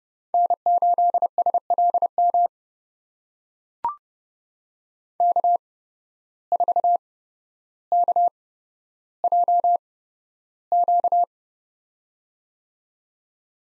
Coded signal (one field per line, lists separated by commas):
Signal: Morse code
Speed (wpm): 30 wpm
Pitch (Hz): 700 Hz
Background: none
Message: N8SLM K4KJQ